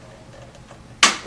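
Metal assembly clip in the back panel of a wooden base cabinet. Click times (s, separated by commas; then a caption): 1.0 s. A metal assembly clip in the back panel of a wooden base cabinet is pushed in until it locks. After a quiet second, one sharp, loud click sounds at 1.0 s and fades quickly. The clip is locked into place.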